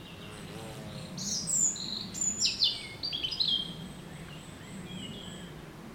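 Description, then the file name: European robin calls: a short burst of high, thin twittering and trilled notes between one and four seconds over steady low background hum. "Erithacus rubecula"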